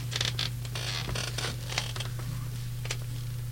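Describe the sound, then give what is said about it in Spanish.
Paper rustles in a series of short, crisp bursts, like pages being flipped one after another, over a steady low electrical hum with no talking. “Ahí están pasando las hojas, sospechoso. Pasan las hojas.”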